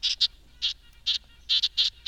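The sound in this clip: Red-breasted nuthatch giving short, nasal, high tooting notes, single and in pairs, repeated in an irregular series.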